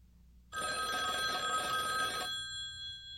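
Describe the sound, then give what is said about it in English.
A telephone bell rings in one sustained, loud metallic burst of rapid clanging, about two seconds long, then stops abruptly, leaving a faint ringing hum that fades away. “What is it? It's a telephone.”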